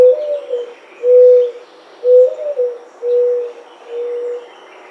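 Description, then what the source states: Mourning Dove cooing: a soft, hollow rising-and-falling first coo followed by a level coo, a second rising-and-falling coo, then two level coos, each about a second apart, with faint bird chirps above. Recorded 14 July 2009.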